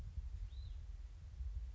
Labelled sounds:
Hutton's Vireo (Vireo huttoni)
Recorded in Sonoma County, California

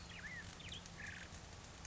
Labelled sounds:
California Quail (Callipepla californica)
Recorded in Sonoma County, California

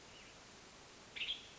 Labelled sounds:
Western Tanager (Piranga ludoviciana)
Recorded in Sonoma County, California

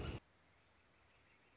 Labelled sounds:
Northern Flicker (Colaptes auratus)
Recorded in Sonoma County, California

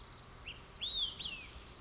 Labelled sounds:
Olive-sided Flycatcher (Contopus cooperi)
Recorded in Sonoma County, California

